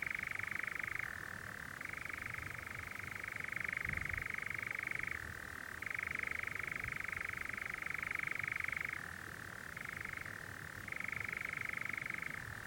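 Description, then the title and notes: Continuous nightjar churring, an unbroken rattling trill alternating between two pitch levels every few seconds. Nocturnal bird churring on a warm June summer evening, on a hill in the Brecon Beacons, amid honeysuckle and foxgloves. "Sound Escape 20: the mesmerising churring of a nightjar on a summer's night. it's a warm June evening on a hill in the Brecon Beacons and the strange churring of a nocturnal bird called the nightjar"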